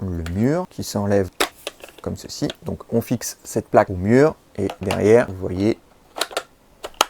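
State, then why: Seated. Someone talks while removing the wall mounting plate from the back of a Ctronics CT S20 G 4G surveillance camera, then fits it back on, with a few light handling taps around 6.2–6.9 s. A sharp snap at 7.0 s marks the plate clipping onto the back of the camera, fully seated.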